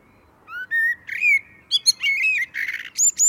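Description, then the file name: Common blackbird song: clear whistled notes, some sliding, then a squeaky twittering passage and two thin high whistles at the end. "Turdus merula"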